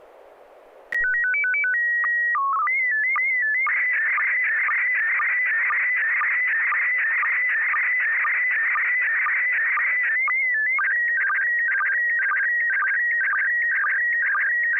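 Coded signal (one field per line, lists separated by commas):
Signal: SSTV (slow-scan television)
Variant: PD 120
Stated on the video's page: Weekly SSTV net on an FM repeater, 441.300 MHz, Wednesday evenings; pictures sent with MMSSTV software.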